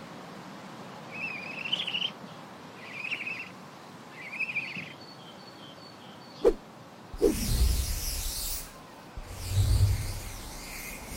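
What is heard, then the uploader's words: Three short chirping squeaks come about every second and a half over a quiet hiss, then a sharp snap near six seconds. Two loud rushing whooshes follow, sweeping past like a flying broom, the second with a low thud underneath. Flying broom, open book.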